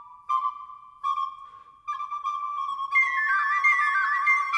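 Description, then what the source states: Mosquito whine, a steady tone in short bursts that becomes continuous, then a second higher, wavering tone joins it near the end. Courtship sound of mosquitoes.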